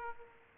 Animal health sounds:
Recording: mosquito wingbeat signal from an infrared sensor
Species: Aedes aegypti

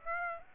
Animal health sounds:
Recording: mosquito wingbeat signal from an infrared sensor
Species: Aedes aegypti

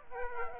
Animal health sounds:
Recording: mosquito wingbeat signal from an infrared sensor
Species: Aedes aegypti

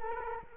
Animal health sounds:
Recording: mosquito wingbeat signal from an infrared sensor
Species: Culex quinquefasciatus

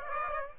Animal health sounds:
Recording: mosquito wingbeat signal from an infrared sensor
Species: Aedes aegypti

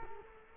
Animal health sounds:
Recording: mosquito wingbeat signal from an infrared sensor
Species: Culex quinquefasciatus

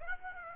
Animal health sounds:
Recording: mosquito wingbeat signal from an infrared sensor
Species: Aedes aegypti

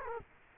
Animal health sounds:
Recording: mosquito wingbeat signal from an infrared sensor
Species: Culex quinquefasciatus

